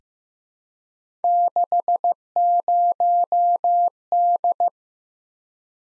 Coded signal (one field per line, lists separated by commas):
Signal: Morse code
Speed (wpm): 15 wpm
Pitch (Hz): 700 Hz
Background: none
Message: 60D